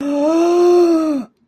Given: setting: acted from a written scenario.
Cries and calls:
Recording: vocal sound without words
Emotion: awe

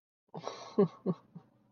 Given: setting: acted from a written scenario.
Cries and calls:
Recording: vocal sound without words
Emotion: ecstasy

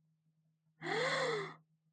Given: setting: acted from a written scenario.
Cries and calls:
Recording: vocal sound without words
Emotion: awe

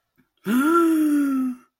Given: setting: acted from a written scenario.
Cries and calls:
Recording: vocal sound without words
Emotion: awe

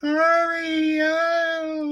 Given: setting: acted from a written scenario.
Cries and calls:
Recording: vocal sound without words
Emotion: distress

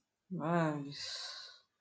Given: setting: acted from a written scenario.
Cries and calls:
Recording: vocal sound without words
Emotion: contempt

